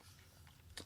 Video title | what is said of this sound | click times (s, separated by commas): Hands-On & First Impressions: ZHIYUN SMOOTH 5 Smartphone Gimbal | so what are these little guys on the end there that you hear snapped on uh these look like | 0.8 s